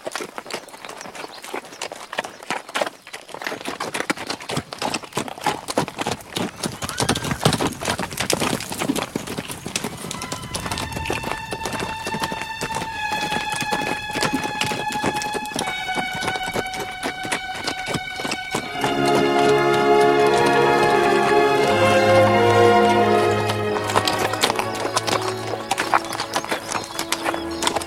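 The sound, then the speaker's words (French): Horse hooves clip-clop in a steady, brisk rhythm as a rider crosses a wide heath of low vegetation, growing fuller partway through as high, drawn-out whinnying calls rise over the hoofbeats. “Du haut des chevaux, il dominait la végétation basse.”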